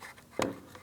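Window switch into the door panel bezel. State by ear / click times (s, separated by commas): not seated / none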